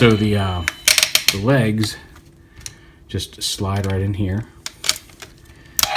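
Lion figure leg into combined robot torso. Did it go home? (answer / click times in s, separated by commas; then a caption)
yes / 4.9 s, 5.8 s. Someone talks while sliding the plastic lion toy legs into the sockets of the combined robot figure's torso, with light plastic rubbing and tapping between the words. Sharp clicks at 4.9 s and 5.8 s mark the legs clicking into place, seated.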